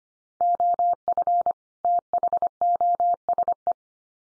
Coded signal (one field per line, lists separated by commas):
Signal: Morse code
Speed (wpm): 25 wpm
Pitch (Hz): 700 Hz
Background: none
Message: OF THOSE